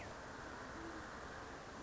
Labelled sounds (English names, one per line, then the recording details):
Great Horned Owl
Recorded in Sonoma County, California